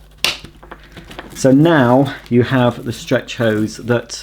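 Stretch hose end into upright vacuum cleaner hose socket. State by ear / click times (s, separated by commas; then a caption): seated / 0.2 s. The stretch hose end of a Hoover Vortex Evo Pet upright vacuum cleaner, with two catches lined up with two slots on the vacuum's plastic body, is pushed into the hose socket. It snaps in with one sharp click at 0.2 s, followed by a few faint ticks. The hose is seated, and then someone talks.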